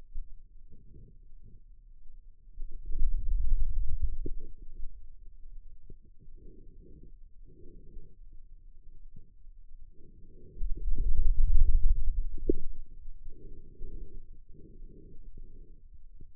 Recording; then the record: forearm muscle sounds (acoustic myography)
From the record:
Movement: hand opening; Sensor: system 2, bracelet of six BSWA MPA416 microphones around the upper forearm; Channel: 4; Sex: male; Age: 22 years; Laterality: right